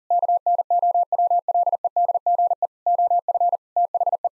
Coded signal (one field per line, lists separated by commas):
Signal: Morse code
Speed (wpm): 40 wpm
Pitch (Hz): 700 Hz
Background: none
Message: KNOWLEDGE OF THE